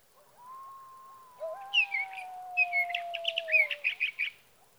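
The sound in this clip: Sage thrasher song: a rapid run of warbled, chattering phrases over a steady low whistled tone that starts more than a second before them.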